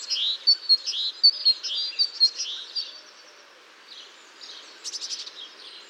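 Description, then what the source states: Great tit song, a clear two-note motif repeated in a quick series for about three seconds, then fading into a few softer high notes. Males singing to mark territory and attract a partner at the start of the breeding season; resident year-round in gardens, using nest boxes or cavities.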